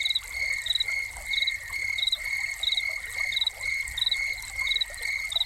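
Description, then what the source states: Cricket chirps, brief pulsed trills repeated at a quick even pace, layered on a continuous shrill hum and a gentle splash of running water. Crickets recorded together with a fountain.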